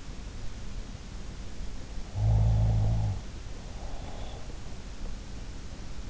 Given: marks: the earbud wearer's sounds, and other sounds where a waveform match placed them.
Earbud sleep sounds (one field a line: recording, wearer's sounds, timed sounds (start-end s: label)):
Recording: sounds in sleep by an in-ear microphone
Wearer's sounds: snoring breath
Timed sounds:
2.12-4.51 s: snoring breath